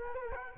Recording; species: mosquito wingbeat signal from an infrared sensor; Culex quinquefasciatus